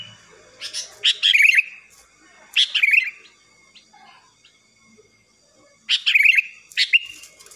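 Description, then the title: Sooty-headed bulbul song: three bursts of bubbly, looping whistled notes, separated by quiet gaps. "Kutilang"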